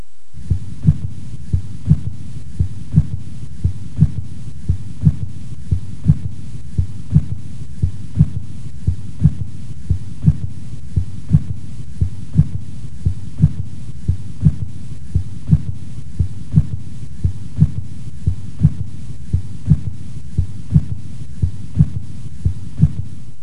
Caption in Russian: Третий тон сердца возникает ближе к середине диастолы, в фазу быстрого наполнения, когда основная масса крови поступает из предсердий в желудочке. Аускультативно он выявляется на верхушке сердца и характеризуется низкочастотным тембром и малой громкостью, благодаря чему третий тон иногда называют эхом второго тона. У больного с сердечной недостаточностью.